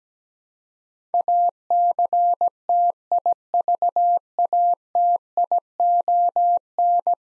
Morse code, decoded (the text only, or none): ACTIVATION